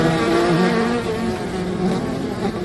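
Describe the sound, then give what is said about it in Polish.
A steady, dense buzzing of many bees, a continuous droning hum with layered harmonic tones that waver slightly in pitch, fairly loud and unbroken throughout with no voices. “Pszczoły są ważne do tego, że otrzymujemy miód, a również dla przyrody, do zapylania drzew.”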